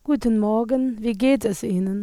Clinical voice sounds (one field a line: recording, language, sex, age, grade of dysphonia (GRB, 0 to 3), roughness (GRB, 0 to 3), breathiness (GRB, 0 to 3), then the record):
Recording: spoken sentence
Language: German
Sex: female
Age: 40 to 49 years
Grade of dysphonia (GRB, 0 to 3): 2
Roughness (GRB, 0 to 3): 0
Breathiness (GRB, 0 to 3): 0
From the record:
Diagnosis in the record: dysphonia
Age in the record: 40 years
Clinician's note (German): Multifaktoriell